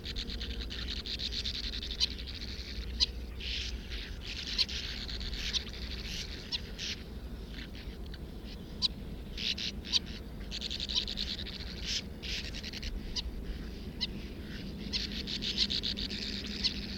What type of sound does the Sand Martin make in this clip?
call